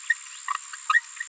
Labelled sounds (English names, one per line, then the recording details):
Green-rumped Parrotlet babbling
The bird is a female
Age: 26 days
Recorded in a nest box in Venezuela
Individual 17B73B3